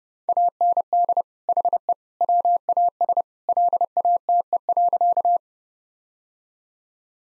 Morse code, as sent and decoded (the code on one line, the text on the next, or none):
.- -. -.. / .... . / .-- .- ... / .-.. .- - . .-.-.-
AND HE WAS LATE.